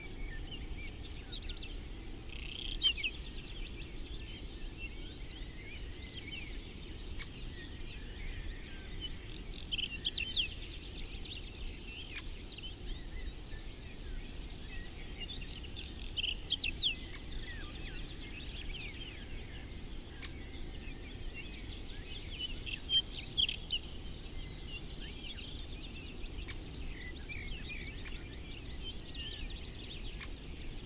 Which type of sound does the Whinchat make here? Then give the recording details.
song. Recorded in the wild. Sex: male. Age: adult. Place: Schönow, Naturpark Barnim, Brandenburg, DE. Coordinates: 52.6892, 13.5014. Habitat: meadow. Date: 2005-05-28. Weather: fog, 16°C, no wind. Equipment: Edirol R-4, Sennheiser MKH 70, Windschutz. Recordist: Frommolt, Karl-Heinz